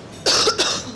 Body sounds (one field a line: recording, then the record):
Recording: coughing mixed with background sound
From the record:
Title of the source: November cold (wet coughing)